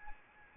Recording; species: mosquito wingbeat signal from an infrared sensor; Anopheles arabiensis